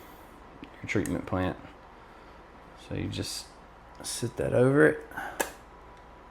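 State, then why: Seated. Someone talks while the check-valve housing of a Hiblow HP-40 linear diaphragm air pump, under rebuild with new diaphragms and supplying air to a treatment plant, is set over its seat on the pump body and pressed down. A short, sharp tick is heard at 5.4 s as the housing snaps into place and is seated.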